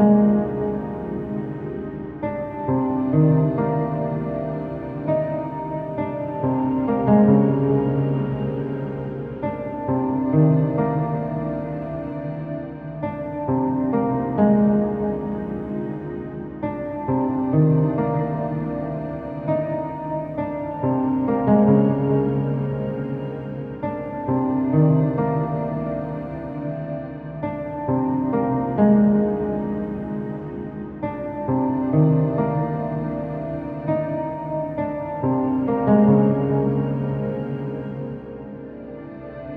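A save room theme plays as a slow, looping pattern of soft low tones, repeating every few seconds with a muffled, lo-fi sound.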